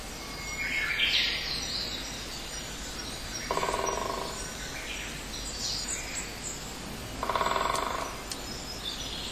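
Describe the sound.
Great spotted woodpecker drumming, two short rapid rolls about four seconds apart, each under a second, with thin chirps of other birds and steady background noise.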